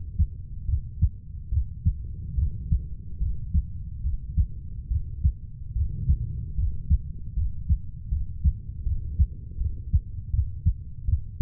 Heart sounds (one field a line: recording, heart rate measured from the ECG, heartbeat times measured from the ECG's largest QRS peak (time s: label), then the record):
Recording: heart sounds by stethoscope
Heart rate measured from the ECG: 75 bpm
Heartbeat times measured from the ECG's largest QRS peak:
0.66 s: heartbeat
1.50 s: heartbeat
2.36 s: heartbeat
3.19 s: heartbeat
4.02 s: heartbeat
4.89 s: heartbeat
5.74 s: heartbeat
6.56 s: heartbeat
7.35 s: heartbeat
8.10 s: heartbeat
8.84 s: heartbeat
9.58 s: heartbeat
10.31 s: heartbeat
11.06 s: heartbeat
From the record:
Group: healthy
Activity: cold pressor test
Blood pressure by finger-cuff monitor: 117/49 mmHg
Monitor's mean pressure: 76 mmHg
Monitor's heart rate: 71 bpm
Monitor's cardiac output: 10 L/min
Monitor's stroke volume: 139 mL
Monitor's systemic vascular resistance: 530 dyn s/cm5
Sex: female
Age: 32 years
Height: 168 cm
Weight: 61.9 kg